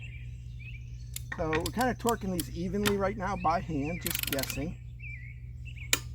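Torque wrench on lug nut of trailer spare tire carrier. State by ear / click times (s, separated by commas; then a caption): torque reached / 5.9 s. A click-type torque wrench tightens a lug nut on the wheel mount of a Fulton spare tire carrier on a Cutwater 28 Venture trailer while someone talks. The wrench gives one sharp click at 5.9 s, confirming the nut has reached its set torque.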